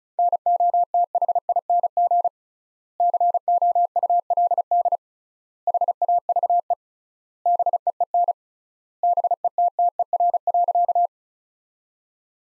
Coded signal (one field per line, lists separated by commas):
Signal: Morse code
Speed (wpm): 36 wpm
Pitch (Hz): 700 Hz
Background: none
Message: NOTHING COULD HAVE BEEN BETTER.